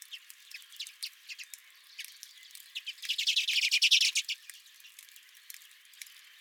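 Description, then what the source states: Redpolls calling with scattered single chips, building into a loud rapid rattle near the middle, then fading to sparse notes. Redpolls at the recordist's own feeder.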